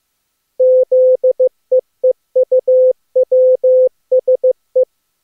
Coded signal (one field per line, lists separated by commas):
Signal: Morse code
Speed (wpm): 26 wpm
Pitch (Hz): 510 Hz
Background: none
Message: ZEEUWSE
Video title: Daily Minutes, January 16, 2016, SSTV B/W12, and (temporarily) no data today.